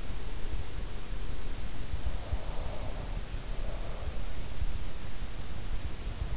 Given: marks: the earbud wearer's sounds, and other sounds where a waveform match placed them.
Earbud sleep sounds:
sounds in sleep by an in-ear microphone; breath
2.16-4.26 s: breath

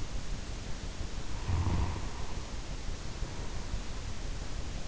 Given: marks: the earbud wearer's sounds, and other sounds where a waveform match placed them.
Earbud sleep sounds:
sounds in sleep by an in-ear microphone; snoring breath
1.17-4.05 s: snoring breath

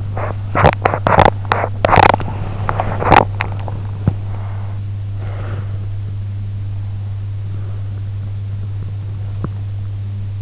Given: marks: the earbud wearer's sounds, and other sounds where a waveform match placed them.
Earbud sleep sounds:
sounds in sleep by an in-ear microphone; teeth grinding, breath
0.00-4.77 s: teeth grinding
4.77-6.42 s: breath
9.42-10.42 s: teeth grinding

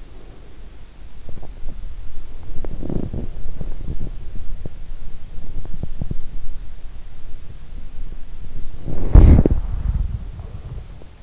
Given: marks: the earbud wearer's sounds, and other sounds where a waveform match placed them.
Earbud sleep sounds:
sounds in sleep by an in-ear microphone; breath, teeth grinding, body movement
0.00-0.83 s: breath
1.09-1.85 s: teeth grinding
2.46-4.79 s: teeth grinding
5.28-6.45 s: teeth grinding
8.36-11.23 s: body movement

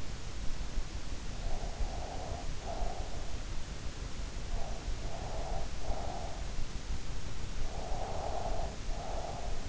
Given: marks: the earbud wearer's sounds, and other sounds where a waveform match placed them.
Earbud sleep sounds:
sounds in sleep by an in-ear microphone; breath
1.38-3.36 s: breath
4.74-6.56 s: breath
7.49-9.69 s: breath

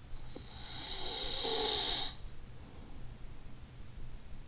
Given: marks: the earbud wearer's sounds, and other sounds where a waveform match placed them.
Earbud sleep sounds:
sounds in sleep by an in-ear microphone; snoring breath
0.32-3.46 s: snoring breath

